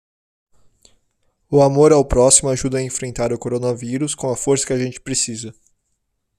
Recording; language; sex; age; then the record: spoken sentence; Brazilian Portuguese; male; 20 to 29 years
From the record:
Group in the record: control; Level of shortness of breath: 0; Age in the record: 27 years